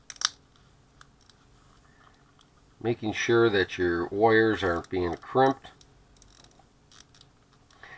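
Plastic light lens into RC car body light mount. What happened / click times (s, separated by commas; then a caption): The plastic lens snapped into its mount / 0.1 s, 0.2 s. A blue plastic light lens is pressed into its light mount in a painted Traxxas Alias RC car body, with the wires kept clear so they aren't crimped. Sharp snaps are heard at 0.1 and 0.25 seconds as the lens locks in place, then someone talks, followed by a few faint clicks.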